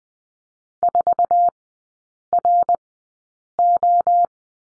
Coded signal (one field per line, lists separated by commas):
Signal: Morse code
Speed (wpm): 20 wpm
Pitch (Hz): 700 Hz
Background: none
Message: 4RO